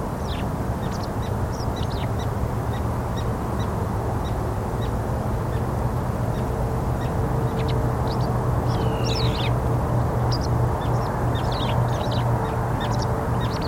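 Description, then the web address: White wagtail calls: short, sharp high chirps repeated irregularly throughout, with one downward-sweeping note midway, over a constant low hum. "Deverinetal 2025 File origin Bird Only"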